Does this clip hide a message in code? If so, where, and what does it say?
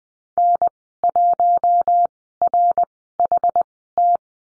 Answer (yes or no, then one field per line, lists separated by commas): yes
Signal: Morse code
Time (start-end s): 0.4-4.2 s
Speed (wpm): 20 wpm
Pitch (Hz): 700 Hz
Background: none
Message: N1RHT